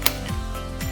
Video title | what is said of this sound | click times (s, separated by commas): KC2300 Series How To Key Knob | Do a turn till you see this button pop out and you'll hear the click. | 0.1 s